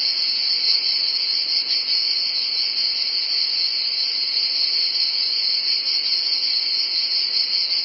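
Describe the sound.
Cicadas in a steady, unbroken high-pitched buzz that holds at the same pitch and loudness throughout.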